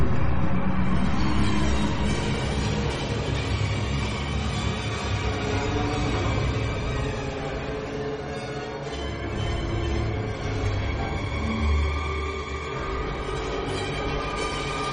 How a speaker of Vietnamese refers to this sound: Bỗng thấy phía sau lưng có tiếng kim loại kêu lốc cốc, như tiếng một chiếc bánh xe to đang lăn về phía mình.